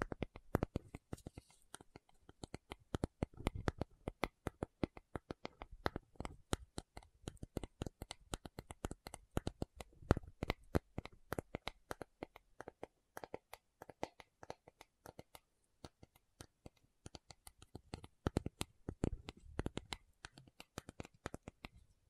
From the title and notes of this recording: ASMR 1 Hour Tapping Session (No Talking).